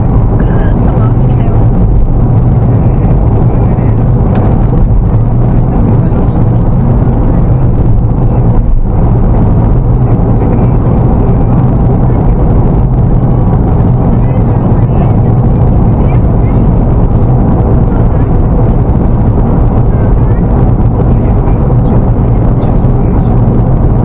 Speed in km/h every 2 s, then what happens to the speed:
86, 86, 87, 87, 88, 89, 90, 90, 90, 90, 88, 88.
0-24 steady at about 88.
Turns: none.